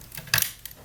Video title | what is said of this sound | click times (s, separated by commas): HP Envy 15 RAM upgrade tutorial | click tells you that it's inserted and you | 0.3 s